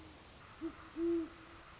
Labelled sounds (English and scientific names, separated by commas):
Great Horned Owl (Bubo virginianus)